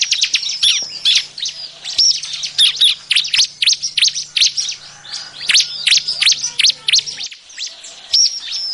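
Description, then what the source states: Bar-winged prinia chattering busily, high chirps and downslurred notes tumbling without pause over a faint low hum. Noisy calling, offered as an effective lure sound for attracting birds.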